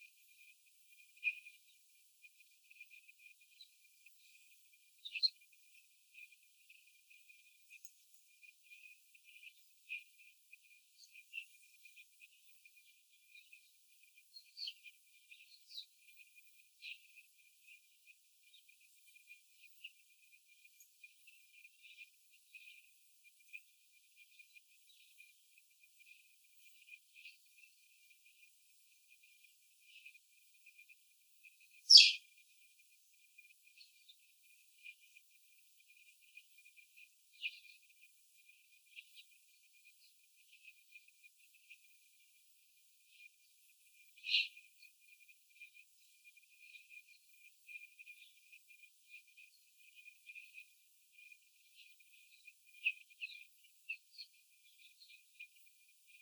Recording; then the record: young laying hens in a cage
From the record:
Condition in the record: before the stressor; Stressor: sudden umbrella opening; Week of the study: 3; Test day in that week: 2